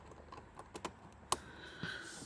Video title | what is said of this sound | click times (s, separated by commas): 2026 Ford Explorer Door Panel, Plate & Carrier Removal/Installation (Step-by-Step Guide) | Listen for those positive clicks. | 0.9 s, 1.3 s